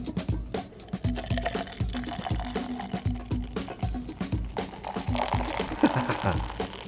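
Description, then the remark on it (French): Beer pours from a can into a glass, a steady gurgling, glugging stream with a foamy fizz that builds toward the end, running continuously for about seven seconds. “Donc, évidemment, il va y avoir un petit peu de mousse, considérant la façon que je l'ai versé.”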